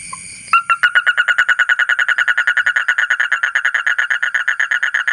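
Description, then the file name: Asian common toad giving a long, steady pulsed trill, rapid raspy notes repeated evenly after a brief soft noise at the start. "suara kodok bangkong kolong kodok buduk"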